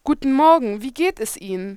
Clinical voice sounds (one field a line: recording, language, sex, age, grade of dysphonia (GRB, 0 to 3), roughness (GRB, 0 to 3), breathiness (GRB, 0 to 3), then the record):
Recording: spoken sentence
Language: German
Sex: female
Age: 20 to 29 years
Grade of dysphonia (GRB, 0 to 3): 0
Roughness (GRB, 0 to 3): 0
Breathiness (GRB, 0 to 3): 0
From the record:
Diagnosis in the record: healthy voice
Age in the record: 21 years